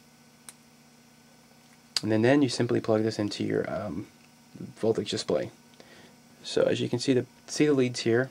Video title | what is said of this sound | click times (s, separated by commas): Lipo Battery Digital Voltage Display | hit a little click and | 0.5 s